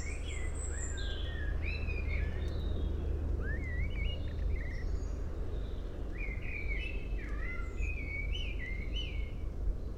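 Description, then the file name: Common blackbird singing two warbled phrases of slurred notes with some high twittering, separated by a short pause, over continuous low rumbling noise. "Turdus merula"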